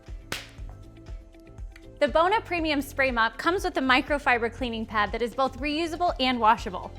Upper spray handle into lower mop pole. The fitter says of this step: by aligning the similar profiles and pushing together until you hear a click